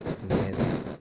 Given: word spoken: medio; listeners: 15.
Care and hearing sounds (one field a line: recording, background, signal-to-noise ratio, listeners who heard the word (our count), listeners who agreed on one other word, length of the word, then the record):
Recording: one Spanish word in noise, from a listening test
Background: noise modulated by one talker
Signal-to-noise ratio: -8.1 dB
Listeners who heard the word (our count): 0 of 15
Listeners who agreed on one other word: 10 of 15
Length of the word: 0.61 s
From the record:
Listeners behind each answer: 10, 1, 1, 1, 1, 1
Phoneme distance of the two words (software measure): 14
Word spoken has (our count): 2 syllables, 5 phonemes, stress on syllable 1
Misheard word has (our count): 2 syllables, 5 phonemes, stress on syllable 1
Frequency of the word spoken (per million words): 454.07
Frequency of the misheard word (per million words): 118.30